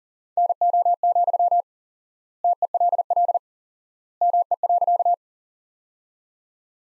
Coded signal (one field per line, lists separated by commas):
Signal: Morse code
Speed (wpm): 40 wpm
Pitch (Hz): 700 Hz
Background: none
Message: NO, TELL ME.